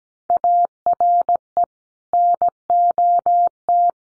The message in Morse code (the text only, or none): ARE NOT